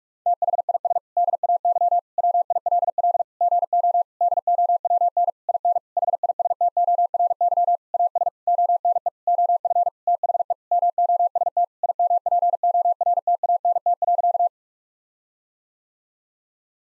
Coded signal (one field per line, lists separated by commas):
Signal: Morse code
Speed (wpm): 41 wpm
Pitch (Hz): 700 Hz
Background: none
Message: THIS DAY WILL GO DOWN IN HISTORY AS ONE OF THE MOST IMPORTANT.